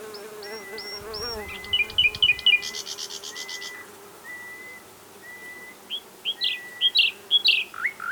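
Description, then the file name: Common nightingale song: high whistles and a buzzy rattle, then a slow series of pure, level whistled notes, ending in bright chirps. "Luscinia megarhynchos"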